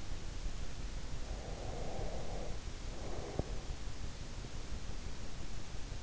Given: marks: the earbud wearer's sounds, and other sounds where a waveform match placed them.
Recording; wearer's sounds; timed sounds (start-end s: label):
sounds in sleep by an in-ear microphone; breath
1.19-3.74 s: breath